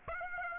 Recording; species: mosquito wingbeat signal from an infrared sensor; Aedes aegypti